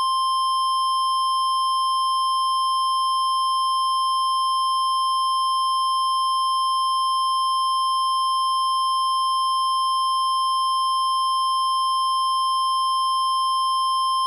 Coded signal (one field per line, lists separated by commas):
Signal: Emergency Alert System (SAME) tones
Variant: 1050 Hz attention tone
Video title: EAS mock cuz yeah